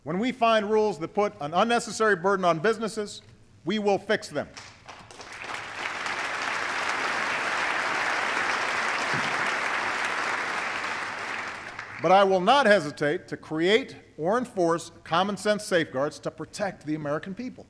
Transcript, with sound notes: When we find rules that put an unnecessary burden on businesses, we will fix them. (Applause.) But I will not hesitate to create or enforce common-sense safeguards to protect the American people.